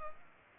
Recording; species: mosquito wingbeat signal from an infrared sensor; Culex pipiens